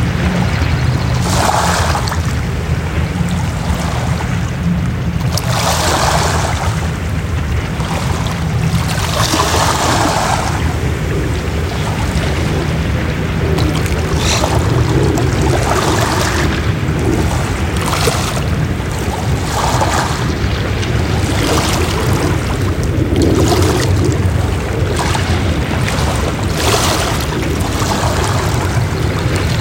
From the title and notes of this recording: Alone on a Novigrad beach. Recorded in Novigrad, Croatia on the afternoon.